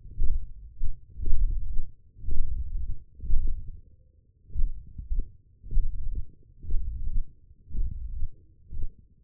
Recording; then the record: forearm muscle sounds (acoustic myography)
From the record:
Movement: index flexion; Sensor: system 1, eight BSWA MPA416 microphones around the upper forearm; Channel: 5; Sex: male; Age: 42 years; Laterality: right